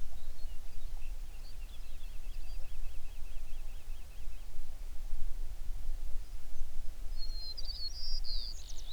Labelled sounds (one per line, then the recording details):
songbird
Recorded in the Prudhoe Bay oil fields, Alaska, on 11 June 2019 at 04:59
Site 21